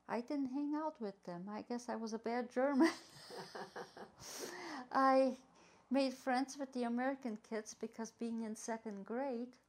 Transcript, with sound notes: I didn't hang out with them. I guess I was a bad German. (both laugh) I made friends with the American kids because being in second grade;,